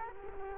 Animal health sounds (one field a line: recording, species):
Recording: mosquito wingbeat signal from an infrared sensor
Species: Culex quinquefasciatus